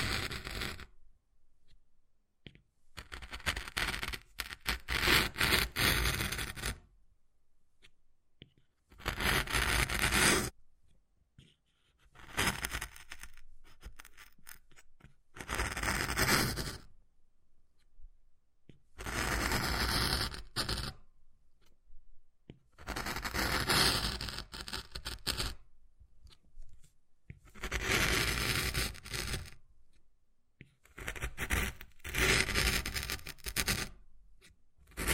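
Wood carving: bursts of scraping and scratching on wood, each lasting one to three seconds, separated by short silent gaps. The strokes are rough and bright with a gritty texture, recurring roughly every three to four seconds, with occasional sharp taps between.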